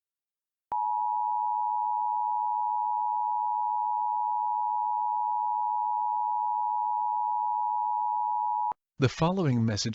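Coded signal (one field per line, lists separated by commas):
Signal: Emergency Alert System (SAME) tones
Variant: 853 and 960 Hz attention tone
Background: speech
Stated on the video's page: SAME tones in a fictional EAS scenario about Siren Head attacking Loveland, Colorado.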